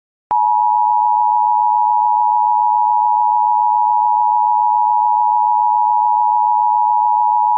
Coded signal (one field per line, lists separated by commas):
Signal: Emergency Alert System (SAME) tones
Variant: 853 and 960 Hz attention tone